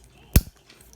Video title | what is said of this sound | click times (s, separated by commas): Spectra Glo LED light kit - 2020 Harley iron1200 | just put everything back together snap that back into place pop this into place and | 0.4 s